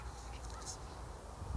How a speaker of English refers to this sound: Thanks. Bird flew away.